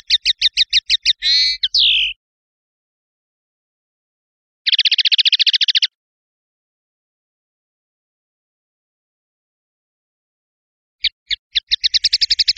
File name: suara burung chardonneret atau goldfinch eropa om kicau